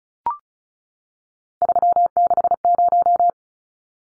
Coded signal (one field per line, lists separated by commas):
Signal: Morse code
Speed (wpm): 34 wpm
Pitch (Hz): 700 Hz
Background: none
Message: 360